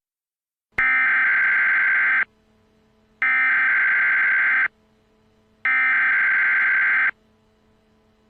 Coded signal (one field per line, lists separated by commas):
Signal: Emergency Alert System (SAME) tones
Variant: header bursts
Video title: THE BIOHAZARD. a EAS scenario